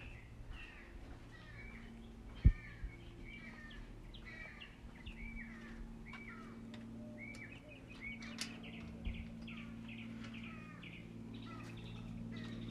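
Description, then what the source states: Mixed birdsong with varied whistled and chirping phrases from several birds, a sudden loud knock early on, and low steady hum beneath. Morning birdsong.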